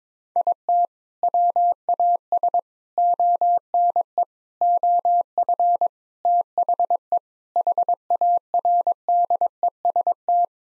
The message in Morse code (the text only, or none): IT WAS ONE OF THE HARDEST